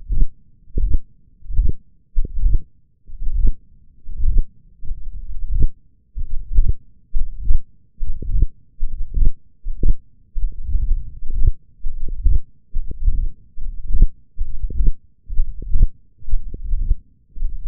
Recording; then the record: forearm muscle sounds (acoustic myography)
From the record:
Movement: hand opening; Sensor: system 1, eight BSWA MPA416 microphones around the upper forearm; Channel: 5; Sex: male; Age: 21 years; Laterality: right